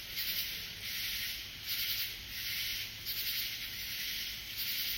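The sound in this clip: Katydid rasping in longer scratchy bursts, alternating with brief pauses, against a continuous high-pitched buzz.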